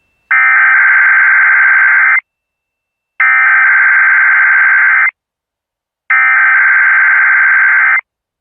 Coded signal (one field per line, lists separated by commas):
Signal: Emergency Alert System (SAME) tones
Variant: header bursts